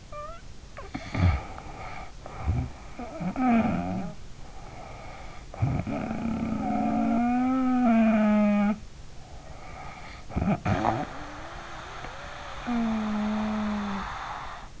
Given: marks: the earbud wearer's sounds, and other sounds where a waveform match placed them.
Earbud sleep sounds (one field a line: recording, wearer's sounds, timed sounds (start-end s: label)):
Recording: sounds in sleep by an in-ear microphone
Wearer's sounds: snoring breath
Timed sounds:
0.00-4.25 s: snoring breath
4.45-8.99 s: snoring breath
9.19-14.80 s: snoring breath